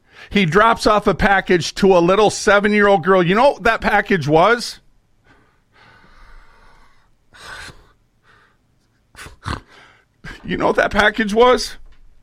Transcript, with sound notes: he drops off a package to a little seven-year-old girl. You know what that package was? (sniffs) You know what that package was?